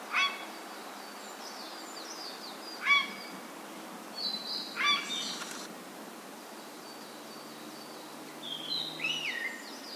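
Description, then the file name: Eurasian jay calls three times, harsh and nasal with strong harmonics, spaced two to three seconds apart, with faint high whistles. "kakesu"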